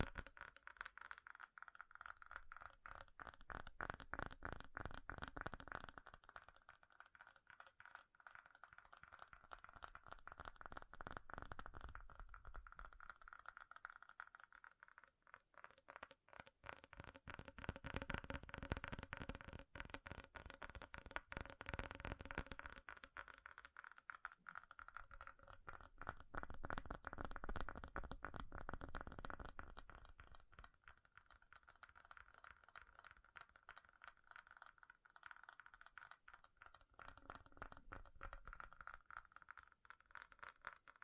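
Fast, furious tapping on metal, a dense stream of quick clicks that runs through the whole clip. It swells in loud bursts, heaviest around 0–6, 16–23 and 26–30 seconds, then thins between them, with a steady ringing tone underneath.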